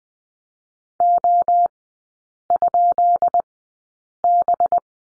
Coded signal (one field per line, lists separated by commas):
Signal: Morse code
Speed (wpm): 20 wpm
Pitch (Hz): 700 Hz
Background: none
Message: O?B